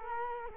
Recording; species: mosquito wingbeat signal from an infrared sensor; Culex quinquefasciatus